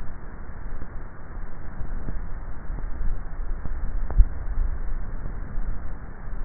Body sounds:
swallowing sounds by neck microphone; 1
4.42-5.25 s: swallow
From the record:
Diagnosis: dysphagia

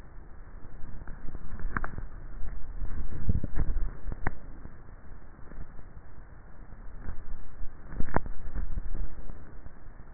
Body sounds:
swallowing sounds by neck microphone; 2
2.98-4.05 s: swallow
8.62-9.32 s: swallow
From the record:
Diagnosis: dysphagia

